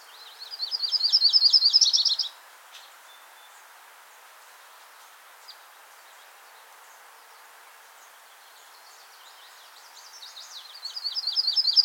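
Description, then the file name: Yellow-rumped Warbler (Myrtle) giving a high trilled phrase of rapid repeated notes near the start and again at the end, with quiet hiss between. Myrtle form. "Setophaga coronata - Myrtle Warbler"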